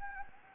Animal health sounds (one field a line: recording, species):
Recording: mosquito wingbeat signal from an infrared sensor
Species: Anopheles gambiae